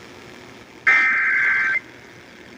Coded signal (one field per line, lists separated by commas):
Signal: Emergency Alert System (SAME) tones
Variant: header bursts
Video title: EAS- Another 5/4 10 PM VEF Flash Flood Warning (FFW) Inyo, San Bernardino Counties on KHWY Cluster